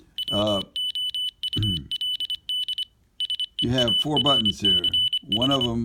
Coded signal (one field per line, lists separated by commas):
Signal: Morse code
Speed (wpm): 25 wpm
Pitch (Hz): 3000 Hz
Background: speech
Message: WOULD SEARCH